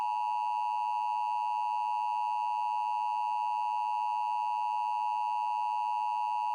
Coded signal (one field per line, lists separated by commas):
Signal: Emergency Alert System (SAME) tones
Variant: 853 and 960 Hz attention tone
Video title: America EAS (High Volume Suggested)